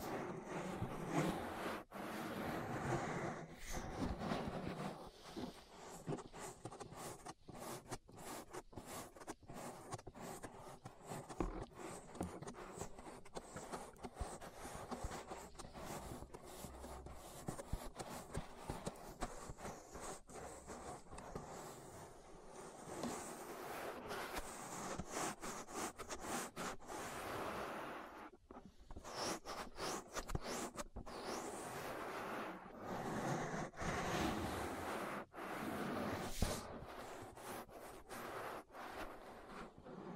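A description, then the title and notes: An ear massage: continuous rubbing and scratching with a rough, full texture, broken by frequent brief pauses as the strokes change. The level stays fairly even throughout, with a short, quieter dip around the 28-second mark before the rubbing resumes. (No Talking). Ear Massage.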